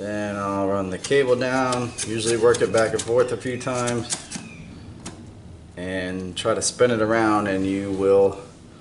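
A power seat drive cable for a Lincoln Continental seat frame is run down into the seat track gearbox and worked back and forth and spun to engage the gears, while someone talks throughout. Faint handling sounds come through, with a brief sharp sound at about 5.1 s, but the cable has not yet seated or clicked into place by the end of the clip.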